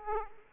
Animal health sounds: mosquito wingbeat signal from an infrared sensor; Aedes aegypti

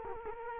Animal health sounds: mosquito wingbeat signal from an infrared sensor; Culex quinquefasciatus

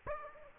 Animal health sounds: mosquito wingbeat signal from an infrared sensor; Aedes aegypti

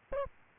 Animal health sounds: mosquito wingbeat signal from an infrared sensor; Aedes albopictus

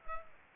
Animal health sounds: mosquito wingbeat signal from an infrared sensor; Aedes aegypti

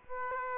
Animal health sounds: mosquito wingbeat signal from an infrared sensor; Aedes aegypti

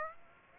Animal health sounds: mosquito wingbeat signal from an infrared sensor; Aedes aegypti

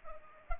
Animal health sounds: mosquito wingbeat signal from an infrared sensor; Culex pipiens

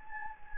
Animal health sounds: mosquito wingbeat signal from an infrared sensor; Anopheles gambiae

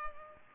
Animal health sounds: mosquito wingbeat signal from an infrared sensor; Culex pipiens

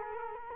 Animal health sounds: mosquito wingbeat signal from an infrared sensor; Culex quinquefasciatus

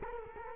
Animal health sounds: mosquito wingbeat signal from an infrared sensor; Culex quinquefasciatus

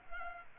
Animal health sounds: mosquito wingbeat signal from an infrared sensor; Culex pipiens

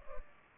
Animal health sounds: mosquito wingbeat signal from an infrared sensor; Culex pipiens

